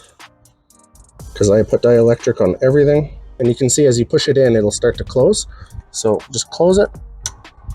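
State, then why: Seated. A wiring harness connector coated with dielectric grease is pushed onto an ignition coil pack on a BMW N54 engine, and its locking clip is closed while someone talks. A sharp click is heard at 7.3 s as the connector seats, finishing the first coil.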